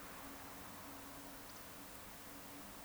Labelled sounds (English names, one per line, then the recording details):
Eurasian Woodcock whistle
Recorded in Baden-Württemberg, Germany, on 2 June 2020 at 20:20 UTC
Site 46190, 1214 m above sea level